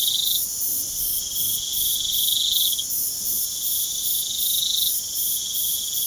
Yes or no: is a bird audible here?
no